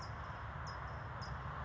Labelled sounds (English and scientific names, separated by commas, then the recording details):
California Towhee (Melozone crissalis)
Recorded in Sonoma County, California